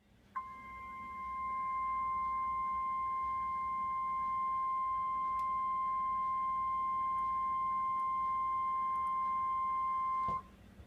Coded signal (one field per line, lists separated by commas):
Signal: Emergency Alert System (SAME) tones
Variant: 1050 Hz attention tone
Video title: EAS Compilation: 2 TOA/1 TOR/2 FLW/8 SVR | NOAA Weather Radio (4/2/2014)